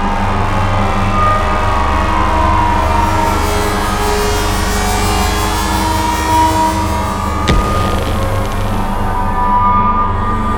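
A dark, steady synth drone hums with heavy low tones and faint whining pitches, broken by one sharp impact around seven seconds in.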